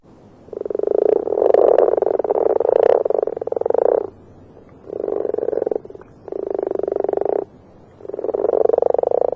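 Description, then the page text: Marsh frog croaking in loud, rapidly pulsed bursts lasting about one to nearly four seconds, four bouts separated by short pauses. Recorded in the UK. "Marsh Frog From British Library - wildlife sounds"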